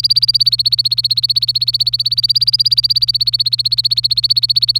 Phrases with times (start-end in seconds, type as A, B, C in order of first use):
0.00-4.79 A